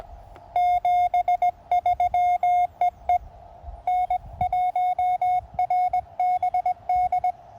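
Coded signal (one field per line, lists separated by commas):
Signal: Morse code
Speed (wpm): 21 wpm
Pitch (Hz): 710 Hz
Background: none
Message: 73 EE N1RBD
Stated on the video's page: QRP CW park activation on 20 and 40 m with QCX transceivers, a 30-foot vertical, and a paddle used as a cootie.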